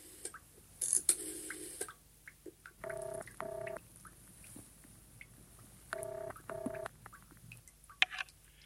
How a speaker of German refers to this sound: Ich trank noch ein Glas, angelte mir das Telefonbuch, suchte eine Nummer und wählte.